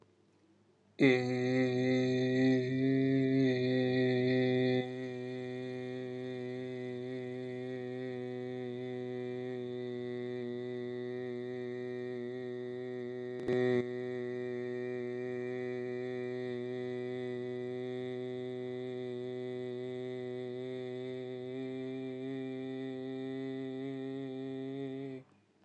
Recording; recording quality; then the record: sustained vowel as in made; excellent, no background noise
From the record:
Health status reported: healthy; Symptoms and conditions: none ticked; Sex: male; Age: 27 years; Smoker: yes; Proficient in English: yes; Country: India